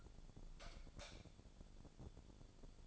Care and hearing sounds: daily activity, microphone in the room; light off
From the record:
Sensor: 5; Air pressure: 1000.2 hPa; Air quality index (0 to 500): 105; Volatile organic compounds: 1 ppm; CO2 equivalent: 847 ppm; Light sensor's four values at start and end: 272/646/278/310 and 271/642/277/308

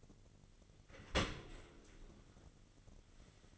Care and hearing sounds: daily activity, microphone in the room; open dishwasher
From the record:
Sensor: 4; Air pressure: 1003.9 hPa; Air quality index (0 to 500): 152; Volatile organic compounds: 2 ppm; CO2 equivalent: 1081 ppm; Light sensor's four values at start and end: 27/65/27/30 and 28/67/28/31

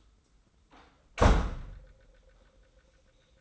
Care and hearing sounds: daily activity, microphone in the room; close door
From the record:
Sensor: 3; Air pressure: 990.4 hPa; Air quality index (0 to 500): 174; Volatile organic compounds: 1000 ppm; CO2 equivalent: 5628 ppm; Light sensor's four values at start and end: 48/114/46/44 and 49/114/47/44

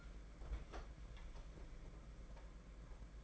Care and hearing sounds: daily activity, microphone in the room; open fridge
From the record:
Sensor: 5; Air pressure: 992.0 hPa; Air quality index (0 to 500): 200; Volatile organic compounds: 1000 ppm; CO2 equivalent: 5752 ppm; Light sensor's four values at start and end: 29/98/36/38 and 29/97/36/38

